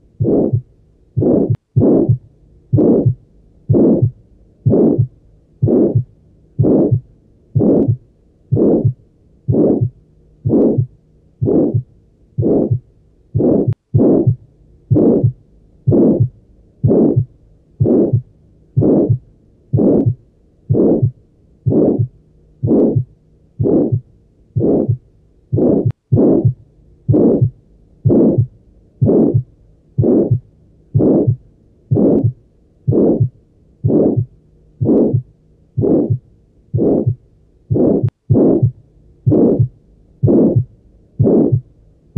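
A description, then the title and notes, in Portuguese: Aortic stenosis heart sounds repeat in a steady rhythm, roughly one beat per second, for the whole recording. Each beat is a low, thick, rasping whoosh that swells and fades, with short quiet gaps between them and no other sounds. Som de Estenose Aórtica.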